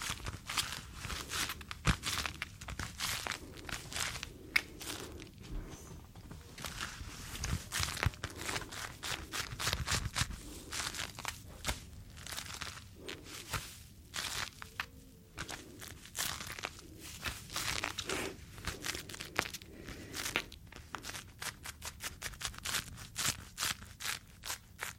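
Latex and cleaning gloves rub, snap and crinkle in dense, irregular bursts of crisp, bright crackling. Sharp clicks come in quick clusters with brief pauses, busiest in the first half and the last ten seconds, over a low, soft rustling underneath.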